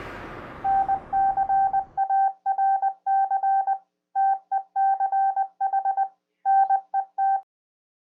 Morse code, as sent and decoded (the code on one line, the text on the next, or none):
-. -.-. .- .-. -.-. / - . -.-. .... / -. . -
NCARC TECH NET